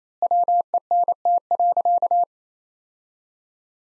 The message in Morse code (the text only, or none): WENT.